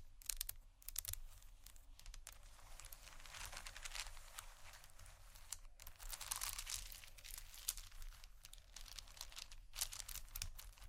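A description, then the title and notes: Fingers tap and scratch across crinkly bags in a dense, restless stream of crackles and taps. The rustling stays bright and busy throughout, swelling around six to seven seconds, with brief pauses near two and ten seconds. A faint low hum sits underneath. ASMR Tappingscratching Galore 4 Bags (No Talking).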